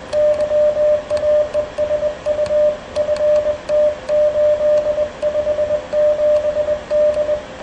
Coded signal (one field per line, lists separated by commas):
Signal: Morse code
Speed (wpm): 21 wpm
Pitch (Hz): 600 Hz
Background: radio noise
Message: YAESU FT857D